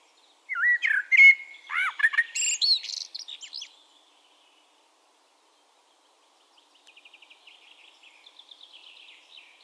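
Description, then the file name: Common blackbird song: a warbled, low whistle sliding into a high, chattering flourish, then a quiet stretch with faint rhythmic high trills. "Turdus merula"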